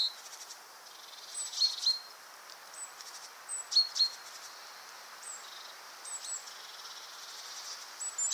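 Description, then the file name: Great tit calling with brief high chips and thin whistled notes scattered throughout, plus faint buzzy bursts against background hiss. "Parus major"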